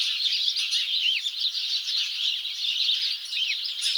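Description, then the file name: House sparrow chirps, short and bright, overlapping in a busy steady chatter from several birds, with a few clearer notes standing out. "Passer domesticus"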